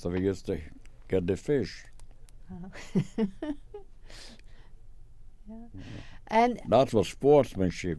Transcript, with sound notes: So we used to get the fish.
[Laughs] Oh. And-
That was sportsmanship.